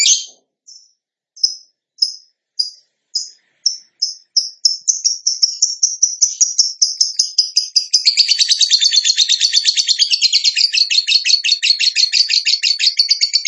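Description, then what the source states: Bird song: sharp high chips spaced apart that speed up steadily and merge into a dense, buzzy, rattling trill. Master for training cage birds; lively (gacor) singer in the tembakan style.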